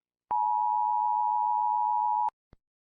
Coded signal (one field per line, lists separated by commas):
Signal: Emergency Alert System (SAME) tones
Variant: 853 and 960 Hz attention tone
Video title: EAS Scenario: One unfortunate soul